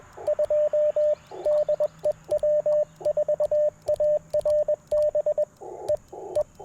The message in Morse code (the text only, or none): 2 DE W4ARB E E